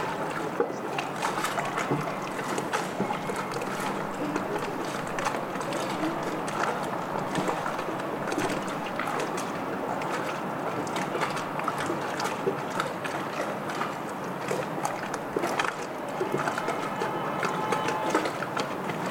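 Stormy harbour ambience with a dense, steady wash of wind and water that holds at an even level for the whole stretch. Frequent small knocks and clatters pop out of it, and faint voices seem to drift through the mix.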